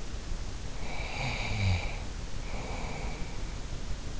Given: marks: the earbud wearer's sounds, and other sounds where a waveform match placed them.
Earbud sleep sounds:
sounds in sleep by an in-ear microphone; snoring breath
0.68-3.40 s: snoring breath

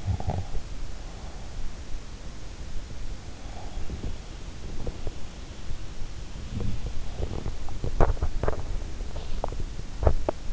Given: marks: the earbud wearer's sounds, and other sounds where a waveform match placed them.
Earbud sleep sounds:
sounds in sleep by an in-ear microphone; snoring breath, body movement
0.00-0.52 s: snoring breath
6.48-6.85 s: sound from someone else or the room
7.17-10.53 s: body movement

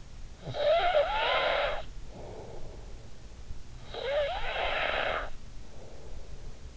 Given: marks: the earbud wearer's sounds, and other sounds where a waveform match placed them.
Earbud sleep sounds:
sounds in sleep by an in-ear microphone; snoring breath
0.13-6.73 s: snoring breath

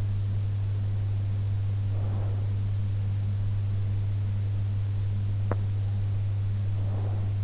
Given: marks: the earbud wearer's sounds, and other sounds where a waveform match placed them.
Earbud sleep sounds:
sounds in sleep by an in-ear microphone; breath, teeth grinding
1.84-2.65 s: breath
5.41-5.64 s: teeth grinding
6.68-7.44 s: breath

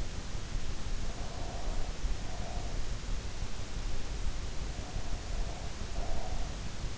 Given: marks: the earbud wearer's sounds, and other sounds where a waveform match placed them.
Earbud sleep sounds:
sounds in sleep by an in-ear microphone; breath
0.92-3.00 s: breath
4.65-6.70 s: breath

